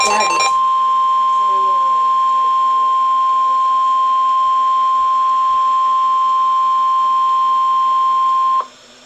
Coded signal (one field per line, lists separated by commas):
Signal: Emergency Alert System (SAME) tones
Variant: 1050 Hz attention tone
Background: speech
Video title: 1/17/2016: Tornado Warning (EAS #21)